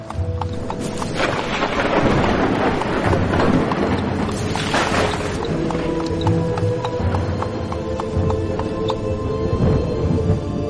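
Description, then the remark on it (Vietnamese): Steady clip-clop of hooves and a creaking horse-drawn cart, used as a makeshift ambulance and driven by a young farmer, rolling along at night, with loud rumbling bursts of thunder and a constant stormy roar throughout; no voices. “Thế là chiếc xe cứu thương kỳ lạ lắc lư và chồng chền ra đi trong một đêm tối bão bùng.”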